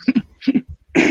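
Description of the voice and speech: Two quick throat-clearing grunts are followed by a louder, harsh cough-like huff, all within about a second in a quiet room, from an adult man. These are involuntary vocal tics of Tourette syndrome, a neurological disorder causing sudden, uncontrolled sounds and movements.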